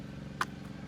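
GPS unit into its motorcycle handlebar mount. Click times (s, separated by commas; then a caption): 0.4 s. A motorcycle GPS unit is pressed into its powered handlebar mount on a CF Moto NK 400 so the five contacts on its back connect. Over a steady low hum, one sharp click sounds at 0.4 s as the unit pops into place. It locks and is seated in the mount.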